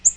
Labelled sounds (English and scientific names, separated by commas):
Yellow-rumped Warbler (Setophaga coronata) flight call